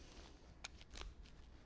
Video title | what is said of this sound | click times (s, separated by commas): A-JAC USER MANUAL | this first spear tube Hardware is pretty awesome you're just going to slide that over like that you should hear like a little click | 0.7 s